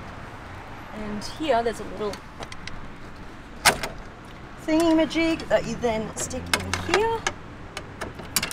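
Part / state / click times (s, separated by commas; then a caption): bonnet prop rod into its holder on the car body / seated / 8.4 s. On a 1955 300 SLR race car with its bonnet lifted, a small metal prop rod is fitted into its holder on the car body and pushed until it clicks into place at 8.4 s, leaving the bonnet stable. Someone talks throughout, with scattered sharp metallic taps and a louder knock at about 3.7 s before the seating click.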